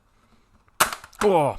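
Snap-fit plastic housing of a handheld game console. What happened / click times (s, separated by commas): The plastic shell clips snapped open / 0.8 s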